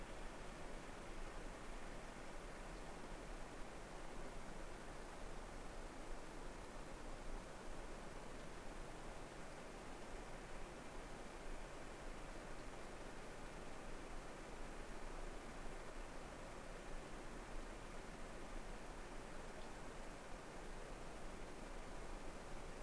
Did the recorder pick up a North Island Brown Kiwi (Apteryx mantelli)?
no